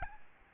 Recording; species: mosquito wingbeat signal from an infrared sensor; Aedes albopictus